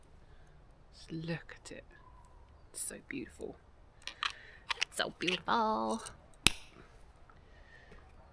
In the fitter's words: A satisfying click on it as well.